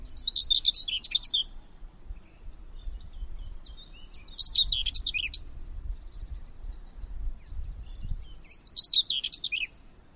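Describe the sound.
Bird singing three short bursts of rapid, twittering high chirps, roughly every four seconds, with a low rumbling noise underneath.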